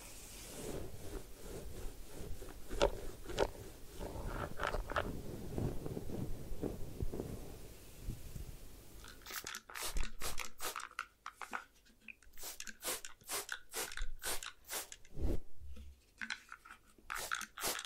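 Hair washing and ear cleaning sounds. For the first nine seconds there is a soft, low rubbing and shuffling with a few gentle taps. Then sharp, bright crackling scratches take over, coming in quick irregular bursts with short silent gaps between them.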